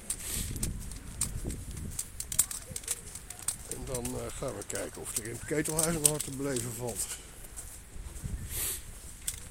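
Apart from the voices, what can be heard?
footsteps walking outdoors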